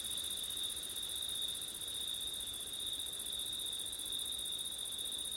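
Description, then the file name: Crickets trilling in a constant high drone with a fainter upper band, over low rustling noise. Crickets recorded on a September night with wind. "crickets wind september night ortif"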